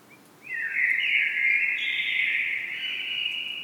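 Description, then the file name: Common blackbird producing one long, steady warbling whistled phrase that runs without a break to the end. "Turdus merula"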